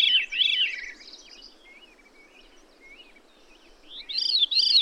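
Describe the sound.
Bird song with rich, wavering warbled phrases at the start and close, separated by softer upslurred chirps and faint high notes over a low steady background hiss.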